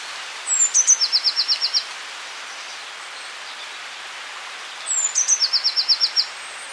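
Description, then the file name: Eurasian blue tit giving two identical song phrases about four seconds apart, each a high thin sliding whistle ending in a rapid trill. "Cyanistes caeruleus"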